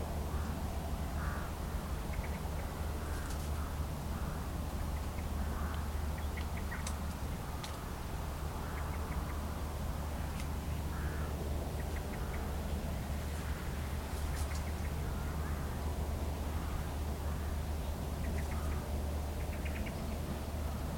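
A steady low breeze rustles hedgerow leaves while a few birds call sparsely, with brief chirps and a crow-like caw scattered throughout.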